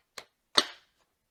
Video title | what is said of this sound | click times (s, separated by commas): How To Assemble Your Qool Stroller! | you'll hear a click | 0.6 s